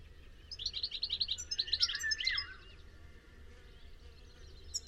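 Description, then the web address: Bird gives one quick burst of high twittering chirps ending in a lower slurred note, then mostly quiet background hum. "cianscape birddata Deverinetal 2025 Bird Only Ca Ca Ca Ca"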